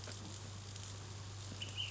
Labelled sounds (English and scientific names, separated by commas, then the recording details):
Ash-throated Flycatcher (Myiarchus cinerascens)
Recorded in Sonoma County, California